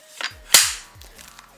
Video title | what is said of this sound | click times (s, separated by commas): Krytac Kriss Vector complete review | back into place pretty well nice solid click and again it's there no wobble so the | 0.5 s